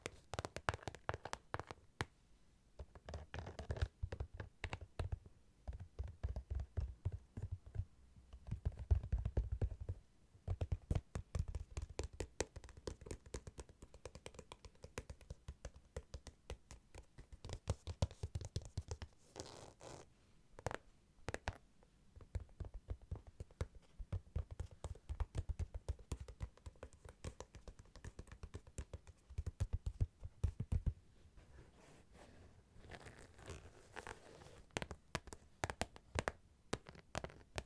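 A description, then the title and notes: Dry tapping, a steady run of quick, uneven knocks that rarely pauses. Each tap is short and muffled, mostly low and woody, with occasional brighter clicks and crinkly rustles mixed in, and louder clusters around 9 and 20 seconds. ASMR Tapping To Help You Sleep (No Talking).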